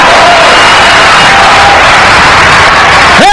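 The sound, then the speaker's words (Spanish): A church audience applauds the Lord Jesus Christ loudly and steadily, a dense wash of clapping mixed with scattered cheers and whoops, and a sharp rising cry near the end. “Un aplauso al Señor Jesucristo, aleluya.”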